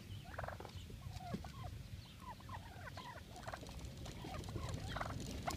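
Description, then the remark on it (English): Several wild turkeys following people gobble and cluck in rapid, overlapping bursts of warbling, mid-pitched calls, carried over a steady low rumble throughout. “They're following us now. We don't have anything for you. You drive turkeys.”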